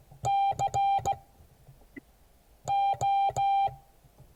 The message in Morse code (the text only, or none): CO